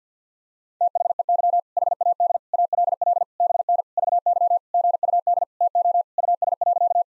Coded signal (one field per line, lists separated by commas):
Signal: Morse code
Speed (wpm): 50 wpm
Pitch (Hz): 700 Hz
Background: none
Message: THEY HAD ALL BN VY GUD TO US.